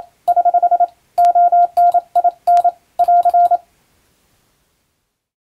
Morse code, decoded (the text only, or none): <HH> ONIN <AR>